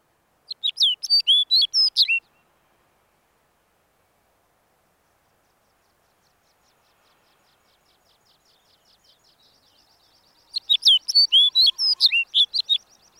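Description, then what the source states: Snow Bunting song: two brief, rapid phrases of bright chirps and trills, separated by several seconds of near silence. Fearless male following a walker, singing in summer in a boulder field at the edge of Ailigastunturi fell top, Karigasniemi, Lapland; calm, slightly misty day, snow still in ravines.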